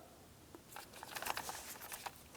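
A headlight switch for a 2007-2014 GMC Sierra 2500 HD is handled and lined up against the rectangular and circular ports of the plastic dash trim panel before being pressed in. Only soft rustling and light tapping are heard, with small taps around 0.6, 0.8, 1.0, 1.2, 1.3 and 1.4 seconds. The switch has not been pushed home yet and nothing has clicked.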